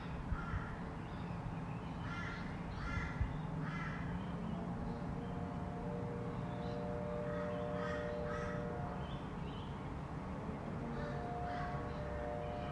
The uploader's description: Quiet neighbourhood. Sunny day with gentle gusts of wind. Regular traffic nearby, with the odd car driving past. Soft distant noise of construction randomly. Birds chirping.